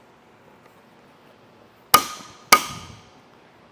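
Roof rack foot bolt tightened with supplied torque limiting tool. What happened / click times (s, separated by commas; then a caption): The torque limiting tool clicked at its setting / 1.9 s, 2.5 s. A Thule WingBar Edge roof rack foot base for a 2018 Jeep Grand Cherokee is tightened with the supplied torque-limiting tool to prevent overtightening. The tool gives two sharp clicks at 1.9 s and 2.5 s, each with a brief bright ring. The clicks confirm the bolt has reached the set torque.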